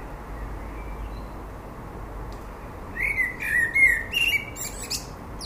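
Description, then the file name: Common blackbird: after a quiet start, a common blackbird delivers a mellow fluted warble with a squeaky high twitter. "Turdus merula"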